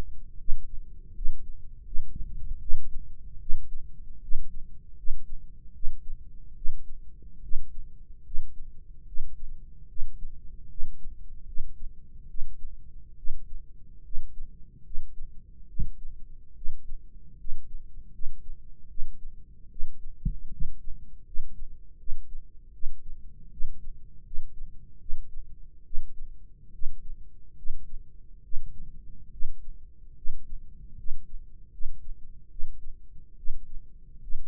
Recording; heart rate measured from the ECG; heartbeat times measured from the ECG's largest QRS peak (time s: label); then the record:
heart sounds by microphone in the right ear; 75 bpm
0.38 s: heartbeat
1.14 s: heartbeat
1.84 s: heartbeat
2.59 s: heartbeat
3.39 s: heartbeat
4.20 s: heartbeat
4.96 s: heartbeat
5.73 s: heartbeat
6.54 s: heartbeat
7.41 s: heartbeat
8.23 s: heartbeat
9.05 s: heartbeat
9.87 s: heartbeat
10.68 s: heartbeat
11.45 s: heartbeat
12.27 s: heartbeat
13.15 s: heartbeat
14.03 s: heartbeat
14.83 s: heartbeat
15.67 s: heartbeat
16.54 s: heartbeat
17.37 s: heartbeat
18.11 s: heartbeat
18.88 s: heartbeat
19.69 s: heartbeat
20.50 s: heartbeat
21.24 s: heartbeat
21.97 s: heartbeat
22.72 s: heartbeat
23.50 s: heartbeat
24.23 s: heartbeat
24.99 s: heartbeat
25.84 s: heartbeat
26.72 s: heartbeat
27.55 s: heartbeat
28.42 s: heartbeat
29.30 s: heartbeat
30.15 s: heartbeat
30.96 s: heartbeat
31.70 s: heartbeat
32.49 s: heartbeat
33.36 s: heartbeat
34.20 s: heartbeat
From the record:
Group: healthy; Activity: rest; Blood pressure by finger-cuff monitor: 152/92 mmHg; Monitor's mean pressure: 109 mmHg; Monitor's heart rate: 74 bpm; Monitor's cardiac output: 6.1 L/min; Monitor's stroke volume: 80 mL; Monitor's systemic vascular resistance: 1320 dyn s/cm5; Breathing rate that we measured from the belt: 18 breaths a minute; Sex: male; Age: 21 years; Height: 180 cm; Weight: 67.5 kg